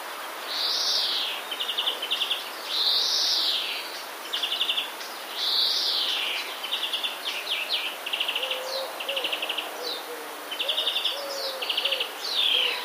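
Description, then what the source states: Common redstart song with mimicry: short arched notes alternate with fast buzzy trills, phrases repeated several times, with a faint low warbling late on. Song containing borrowings from other passerines, here imitating the European greenfinch.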